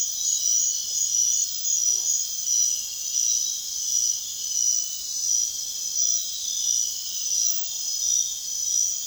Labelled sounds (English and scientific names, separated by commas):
none